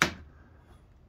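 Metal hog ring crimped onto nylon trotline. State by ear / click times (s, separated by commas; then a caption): not seated / none. A metal hog ring is crimped with pliers around nylon trotline to attach a snood. The pliers slip and a single sharp, bright pop is heard at 0.0 s, fading quickly into a low hum. The ring does not close properly on the line, so nothing has seated or clicked yet.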